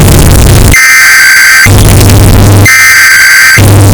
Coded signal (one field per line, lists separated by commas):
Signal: Emergency Alert System (SAME) tones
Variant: header bursts